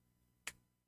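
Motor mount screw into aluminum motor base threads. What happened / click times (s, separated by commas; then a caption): The screw dropped into the start of the thread with a click / 0.5 s. A steel motor-mount screw is turned backwards (counterclockwise) against the threads of an aluminum motor base, with the motor sitting flush on a carbon plate, to find the thread start and avoid stripping the mount. After quiet low hum, a single sharp, bright click sounds at 0.5 s as the screw's end drops into the first thread, then fades quickly. The screw is seated on the thread.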